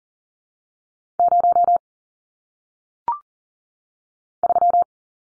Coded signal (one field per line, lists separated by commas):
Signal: Morse code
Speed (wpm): 40 wpm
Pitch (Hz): 700 Hz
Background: none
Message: 0 3